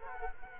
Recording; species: mosquito wingbeat signal from an infrared sensor; Culex quinquefasciatus